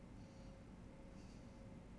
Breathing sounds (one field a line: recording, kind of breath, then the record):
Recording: one breath in and out by a microphone near the nose and mouth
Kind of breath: normal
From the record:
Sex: male